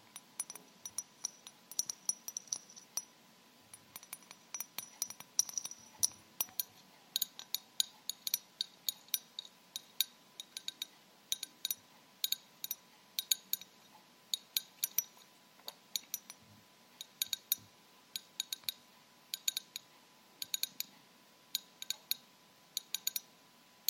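Crisp, bright tapping of rhinestone-covered fingertips on different surfaces, in quick irregular bursts through all twenty-four seconds. The clicks are sharp and glassy, clinking like glass or cutlery. A faint steady tone and a soft low hum sit underneath.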